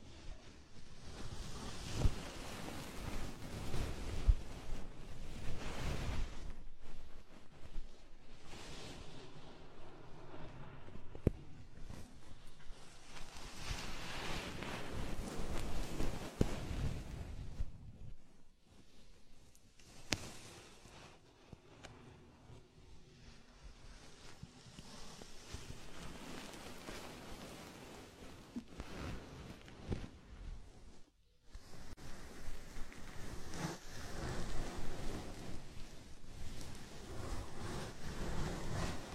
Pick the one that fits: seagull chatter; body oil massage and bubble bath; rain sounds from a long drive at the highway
body oil massage and bubble bath